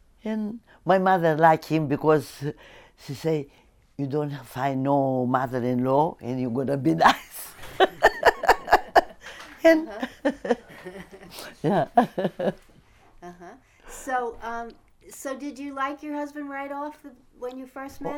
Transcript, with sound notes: and my mother like him because she say, "You don't find no mother-in-law, and you're gonna be nice." (she laughs ) Yeah.
So did you like your husband right off when you first met him?